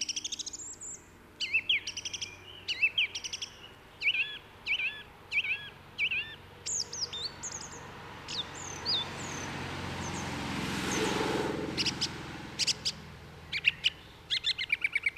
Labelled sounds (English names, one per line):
Song Thrush song